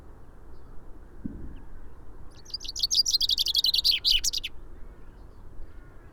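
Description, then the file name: Common chaffinch delivering one rattling song phrase of quick repeated notes falling toward a final flourish, after a soft thump, with low steady background noise. "Fringilla coelebs"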